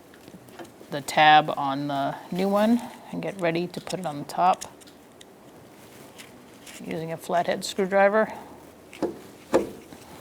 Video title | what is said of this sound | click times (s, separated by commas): How to Replace Back Glass Lift Supports 2002-2006 Honda CR-V | push it on and release it. Make sure it snaps back into place | 9.5 s